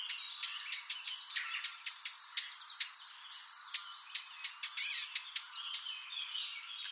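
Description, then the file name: Eurasian blackcap making repeated sharp tack calls at an irregular pace. "Sylvia atricapilla"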